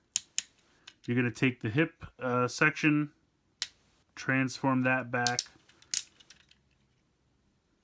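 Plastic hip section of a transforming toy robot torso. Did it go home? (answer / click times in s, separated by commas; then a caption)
yes / 5.9 s. Someone talks while folding the plastic hip section of a transforming toy robot torso back during its transformation, with a few sharp plastic ticks along the way. The hip section locks with a crisp snap at 5.9 s, seated in place, followed by a few faint handling clicks.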